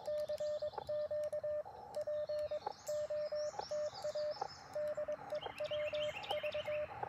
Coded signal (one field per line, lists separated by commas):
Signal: Morse code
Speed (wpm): 22 wpm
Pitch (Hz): 600 Hz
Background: radio noise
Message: CQ POTA DE WV